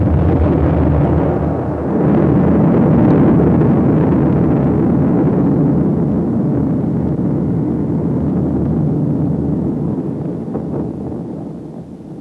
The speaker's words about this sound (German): Was war denn das um Himmels Willen? Das war die Explosion einer Atombombe. Das war die erste praktische Anwendung von Kernspaltung und Kettenreaktion. Forscher in Amerika hatten die Atombombe gebaut.